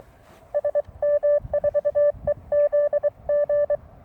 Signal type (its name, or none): Morse code